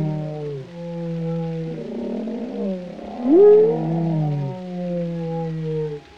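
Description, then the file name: Whale song with sustained low droning tones and overtones, a bright upward-sweeping cry in the middle, then steady moans continuing. "Sounds Of Whales - Whale Sounds Pt 13"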